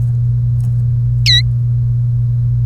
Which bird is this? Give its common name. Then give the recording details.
Domestic Canary. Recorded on 1 May 2018 at 10:09. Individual llb3